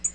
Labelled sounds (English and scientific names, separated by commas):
Tennessee Warbler (Leiothlypis peregrina) flight call